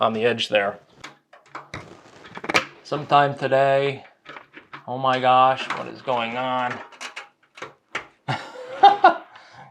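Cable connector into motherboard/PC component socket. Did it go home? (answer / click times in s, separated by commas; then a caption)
yes / 8.8 s. During a 14900K gaming PC build on a Z790 Master X motherboard, someone talks while struggling to push a cable connector into its socket, with scattered scraping and bumping sounds. After the struggle, the connector clicks in and seats at 8.8 s.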